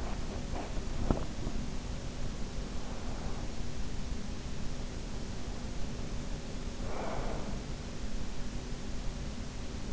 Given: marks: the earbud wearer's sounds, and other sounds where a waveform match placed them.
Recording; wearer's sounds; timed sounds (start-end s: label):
sounds in sleep by an in-ear microphone; teeth grinding, breath
0.00-1.86 s: teeth grinding
6.76-7.72 s: breath